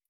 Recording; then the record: hydrophone in a shrimp aquaculture tank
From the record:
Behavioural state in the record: stressed